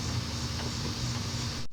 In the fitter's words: Like, I don't feel it. Like, you know, a lot of times you can kind of feel it click into place. Yeah. But it's not doing that.